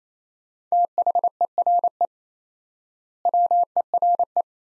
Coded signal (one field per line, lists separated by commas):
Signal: Morse code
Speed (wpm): 28 wpm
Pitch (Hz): 700 Hz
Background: none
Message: THERE WERE